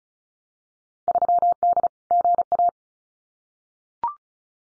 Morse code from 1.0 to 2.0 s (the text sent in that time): 3D